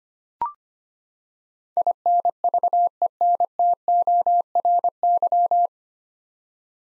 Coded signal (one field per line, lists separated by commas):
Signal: Morse code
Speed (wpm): 25 wpm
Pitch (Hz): 700 Hz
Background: none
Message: INVENTORY